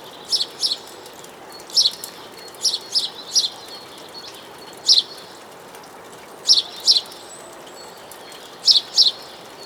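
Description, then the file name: House sparrow chirping, short bright chirps often in pairs, repeated irregularly every one to two seconds over a steady soft hiss. "Passer domesticus"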